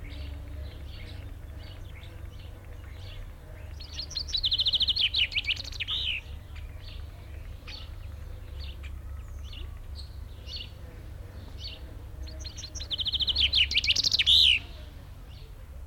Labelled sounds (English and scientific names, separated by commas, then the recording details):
Common Chaffinch (Fringilla coelebs)
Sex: male
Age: adult
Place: Zoo Dresden, Sachsen, DE
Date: 1993-05-17 13:39
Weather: heiter, 22-26 °C
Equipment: Sony WM-D6C, Sennheiser ME 80, Kopie Uher Variocord 263
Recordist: Tembrock, Günter